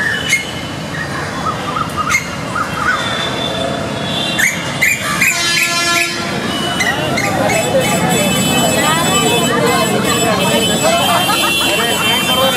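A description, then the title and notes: Evening bird calls fill the air in a dense, overlapping chorus, with crows cawing repeatedly and smaller birds chirping and trilling above them. A steady low rumble runs underneath throughout. Around the middle the calls briefly thin, then the chorus grows busier and louder toward the end. India Soundscape. Hyderabad; Evening, birds.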